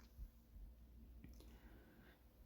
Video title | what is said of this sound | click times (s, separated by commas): #toddlers #giftideas #girls DIY Birthday Gifts for Toddler (girls) | at how the handle goes up and it locks into place and she could go ahead and roll it all | 1.4 s